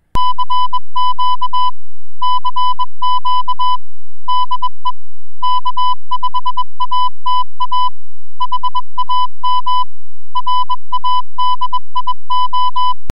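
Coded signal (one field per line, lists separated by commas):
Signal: Morse code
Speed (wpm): 21 wpm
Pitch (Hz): 1000 Hz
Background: music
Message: CQ CQ DE K5ATA HAM RADIO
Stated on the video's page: Parks on the Air activation from a state park using an Icom IC-705 with an Alpha Antenna FMJ.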